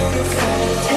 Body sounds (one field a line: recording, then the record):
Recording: coughing mixed with background sound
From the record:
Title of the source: Coughing Man Sound - Man Cough Sound Effect